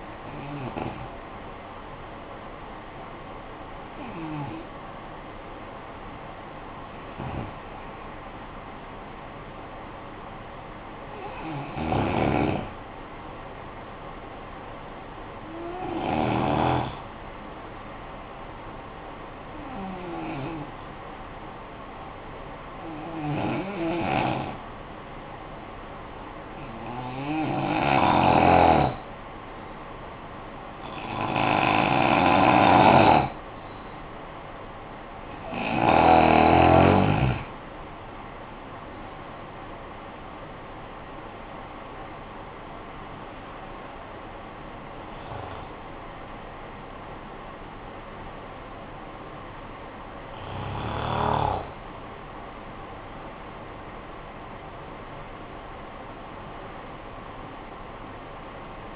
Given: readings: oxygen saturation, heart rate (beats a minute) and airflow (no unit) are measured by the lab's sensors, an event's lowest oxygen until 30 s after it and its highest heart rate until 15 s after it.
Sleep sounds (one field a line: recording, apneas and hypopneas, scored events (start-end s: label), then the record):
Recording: breathing in sleep by a voice recorder at the bedside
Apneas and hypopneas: 1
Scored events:
10.00-37.90 s: hypopnea (N1, oxygen 95% highest, then 87% lowest, heart rate 50 at the start, 71 highest)
26.00-58.96 s: new sleep stage, N2 (light sleep)
From the record:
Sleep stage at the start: N1 (lightest sleep)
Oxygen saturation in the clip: 81 to 95%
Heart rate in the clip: 46 to 71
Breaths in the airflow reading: 14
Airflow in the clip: -13.6 to 13.3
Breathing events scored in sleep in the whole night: 445 in 7.6 hours asleep